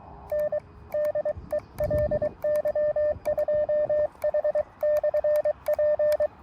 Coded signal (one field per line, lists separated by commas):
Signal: Morse code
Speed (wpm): 23 wpm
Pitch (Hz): 600 Hz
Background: radio noise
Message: N DE LY2H/P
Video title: Make QSO anywhere with mini-Buddistick, mini-tripod and Elecraft KX2!